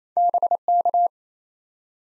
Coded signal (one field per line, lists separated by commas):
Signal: Morse code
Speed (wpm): 28 wpm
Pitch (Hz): 700 Hz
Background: none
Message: BK